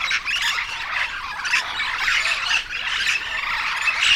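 Yellow-shouldered parrot squawks, harsh and insistent, almost without pause through the whole stretch.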